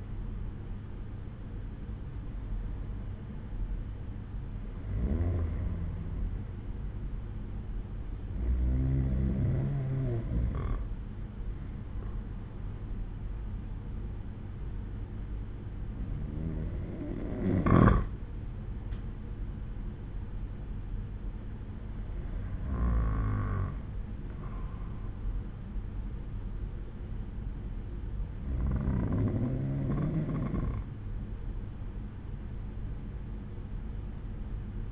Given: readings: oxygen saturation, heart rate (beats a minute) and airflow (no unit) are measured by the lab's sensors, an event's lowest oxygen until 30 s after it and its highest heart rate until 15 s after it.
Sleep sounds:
breathing in sleep by a smartphone at the bedside; none
none scored
From the record:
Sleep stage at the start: N1 (lightest sleep); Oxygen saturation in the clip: 93 to 95%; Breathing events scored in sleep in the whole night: 187 in 7.2 hours asleep

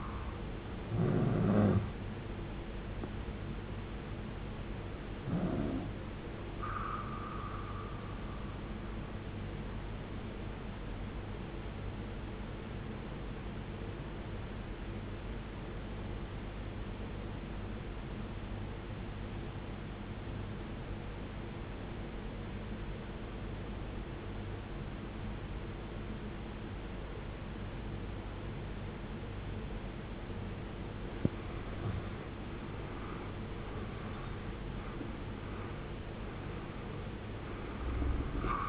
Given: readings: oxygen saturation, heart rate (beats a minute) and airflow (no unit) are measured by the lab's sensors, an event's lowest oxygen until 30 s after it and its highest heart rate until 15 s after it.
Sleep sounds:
breathing in sleep by a voice recorder at the bedside; 1
11.00-31.10 s: obstructive apnea (N2, oxygen 95% highest, then 84% lowest, heart rate 61 at the start, 76 highest)
From the record:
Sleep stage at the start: N2 (light sleep); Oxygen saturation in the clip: 84 to 95%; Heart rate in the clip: 56 to 74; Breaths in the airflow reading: 5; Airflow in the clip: -16.5 to 17.1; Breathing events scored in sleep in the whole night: 389 in 6.3 hours asleep

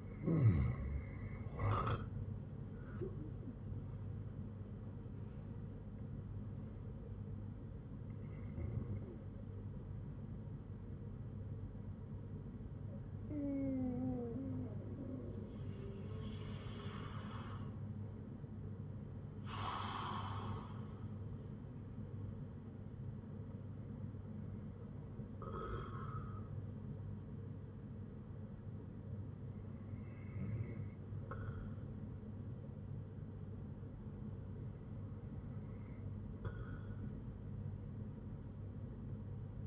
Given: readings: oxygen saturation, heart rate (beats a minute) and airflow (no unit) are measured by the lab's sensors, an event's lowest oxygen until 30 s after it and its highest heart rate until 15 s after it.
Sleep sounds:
breathing in sleep by a smartphone at the bedside; none
3.00-33.00 s: new sleep stage, N1 (lightest sleep)
33.00-39.67 s: new sleep stage, N2 (light sleep)
From the record:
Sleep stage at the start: N3 (deep sleep); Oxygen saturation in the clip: 94 to 96%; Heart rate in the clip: 57 to 83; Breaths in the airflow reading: 7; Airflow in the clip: -10.3 to 14.2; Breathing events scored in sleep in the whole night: 182 in 7.4 hours asleep

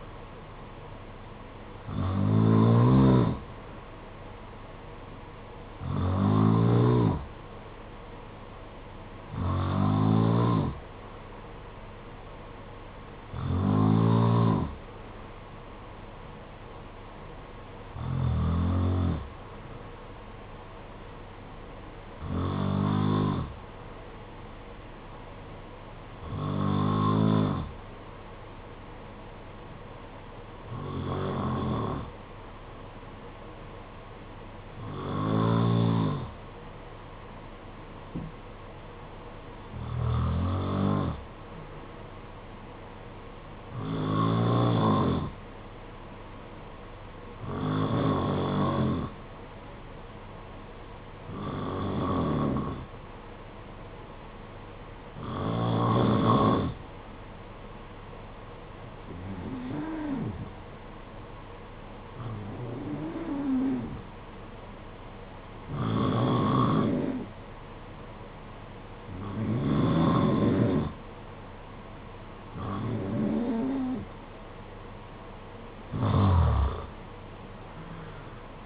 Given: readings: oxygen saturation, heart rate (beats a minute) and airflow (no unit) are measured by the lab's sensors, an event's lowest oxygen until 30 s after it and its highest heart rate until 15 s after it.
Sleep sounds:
breathing in sleep by a voice recorder at the bedside; 1
34.00-69.90 s: hypopnea (N2, oxygen 94% highest, then 89% lowest, heart rate 52 at the start, 60 highest)
72.00-78.66 s: new sleep stage, N1 (lightest sleep)
From the record:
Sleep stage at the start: N2 (light sleep); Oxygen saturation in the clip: 91 to 94%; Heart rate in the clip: 50 to 59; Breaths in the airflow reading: 20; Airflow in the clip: -6.8 to 6.3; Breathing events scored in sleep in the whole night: 476 in 9.7 hours asleep

